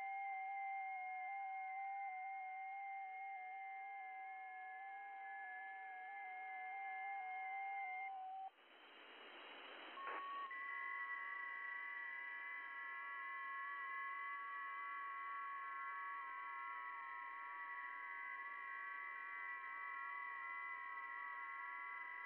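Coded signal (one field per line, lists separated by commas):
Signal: FT8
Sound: several overlapping steady warbling tones, stepping slowly in pitch, with a short hiss break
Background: radio static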